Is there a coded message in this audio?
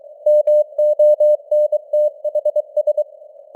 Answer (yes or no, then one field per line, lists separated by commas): yes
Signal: Morse code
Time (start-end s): 0.3-3.0 s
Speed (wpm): 23 wpm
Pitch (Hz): 600 Hz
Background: none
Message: MONTHS